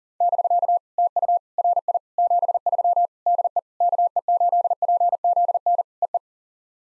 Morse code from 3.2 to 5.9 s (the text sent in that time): DE KE8PZN